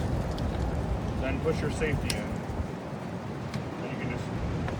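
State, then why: Seated. On a 2016 Ram 1500 during a driver's side mirror replacement, the plastic connector position safety lock is pushed into the door control plug, which has already been clicked in. Someone talks over steady low broadband background noise, and a short click comes at 4.7 s as the safety lock seats in place.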